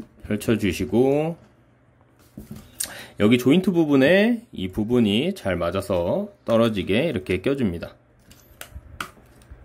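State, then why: Seated. Someone talks while transforming a Black Mamba LS-09 Ironhide plastic robot figure, pressing a plastic joint piece together into the figure's body. After the talking stops, a few small ticks come at about 8.3 s and 8.6 s, then a sharp snap at 9.0 s as the joint locks into place. The joint is seated.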